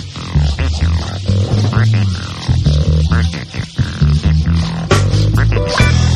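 American bullfrog deep droning calls, low stacked notes repeated many times, with sharp clicks and higher sliding sounds mixed in.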